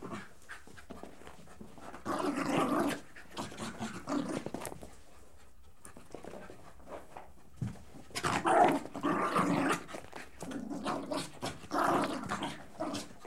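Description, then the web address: Dog panting, several rough breathy bursts separated by quieter pauses. "The BBC Sound Effects Library. Horses # 2 and Dogs"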